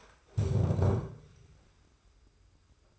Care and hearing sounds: daily activity, microphone in the room; stand up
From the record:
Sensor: 2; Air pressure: 991.5 hPa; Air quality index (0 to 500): 183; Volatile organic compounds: 1000 ppm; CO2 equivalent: 5948 ppm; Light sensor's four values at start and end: 28/89/34/33 and 25/80/31/30

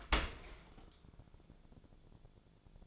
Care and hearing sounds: daily activity, microphone in the room; open dishwasher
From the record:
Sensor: 5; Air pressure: 1000.6 hPa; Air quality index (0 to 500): 149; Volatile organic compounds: 2 ppm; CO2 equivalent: 1144 ppm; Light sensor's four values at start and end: 40/91/39/42 and 40/92/39/43

